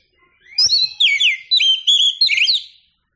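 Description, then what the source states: Oriental magpie-robin song: a single phrase of loud, pure whistles sliding up and down, in quick separate notes. Described as a champion singing bird.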